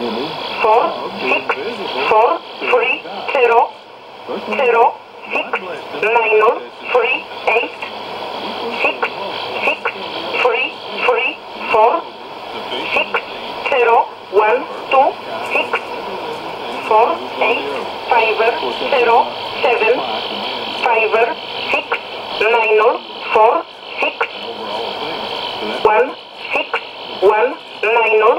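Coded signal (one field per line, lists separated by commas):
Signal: numbers station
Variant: E11 Oblique, English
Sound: a voice reading short evenly spaced words, likely numbers, through noisy shortwave audio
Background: radio static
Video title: 24 06 2017 Numbers station E11 Oblique in English to Eu 1353 on 15825 in USB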